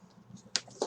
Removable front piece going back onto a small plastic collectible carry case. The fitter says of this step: and then that goes back home snaps